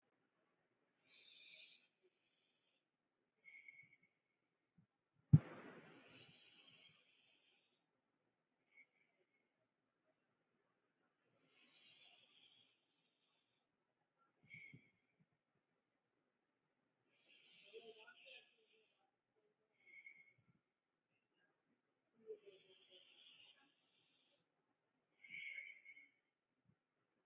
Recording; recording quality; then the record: deep breathing; excellent, no background noise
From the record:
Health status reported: healthy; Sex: female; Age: 32 years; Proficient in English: yes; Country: India